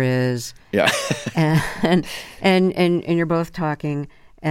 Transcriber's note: laughter